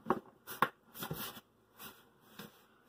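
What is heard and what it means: A lid is pressed onto a food storage container of seasoned food during cooking, giving two sharp knocks at about 0.1 s and 0.6 s, followed by softer handling noises around 1.0–1.4 s, 1.8 s and 2.4 s. The lid has not snapped on, and nothing has clicked or seated yet.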